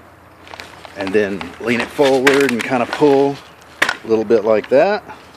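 While someone talks, the folding frame of a Chicco Cortina Together double stroller is handled during unfolding, leaned forward and pulled a little, with a few faint handling taps early on. Nothing has clicked or seated yet; the frame lock has not engaged.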